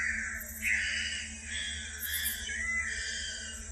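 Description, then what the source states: Bornean bristlehead giving harsh, nasal, overlapping calls that run almost continuously, over a steady high insect hiss and a low hum. Recorded in Danum Valley, Borneo, on 27 March 2007.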